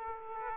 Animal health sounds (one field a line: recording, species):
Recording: mosquito wingbeat signal from an infrared sensor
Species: Aedes aegypti